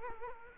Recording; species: mosquito wingbeat signal from an infrared sensor; Culex quinquefasciatus